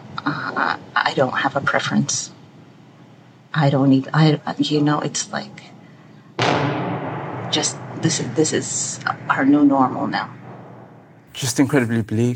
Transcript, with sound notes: I don't have a preference. I don't even - you know, it's like... (SOUNDBITE OF EXPLOSION) Just - this is our new normal now.
Just incredibly bleak.